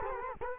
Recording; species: mosquito wingbeat signal from an infrared sensor; Culex quinquefasciatus